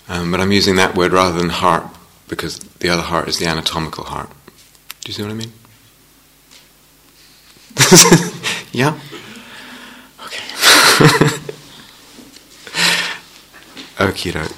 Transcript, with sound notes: But I'm using that word rather than 'heart,' because the other heart is the anatomical heart. Do you see what I mean? [laughs] Yeah? Okay. Okey-doke.